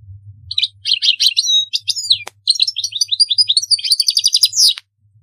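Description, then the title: European goldfinch pouring out tinkling twitters and slurred notes that build to a buzzy trill; a sharp click sounds midway. "Chant Chardonneret"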